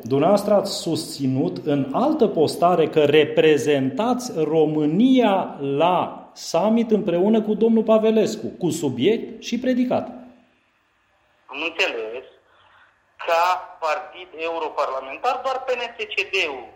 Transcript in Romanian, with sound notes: Dumneavoastră ați susținut în altă postare că reprezentați România la summit împreună cu domnul Pavelescu, cu subiect și predicat.
(Pauză) Am înțeles. Ca partid europarlamentar doar PNȚCD-ul…